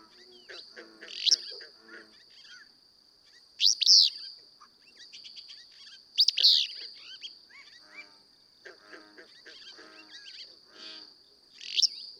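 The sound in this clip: Willow flycatcher: abrupt, buzzy song bursts at roughly two- to six-second gaps, backed by busy chattering of other small birds and a persistent high insect tone.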